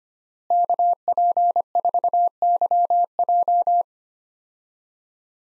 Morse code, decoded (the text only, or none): KP4YJ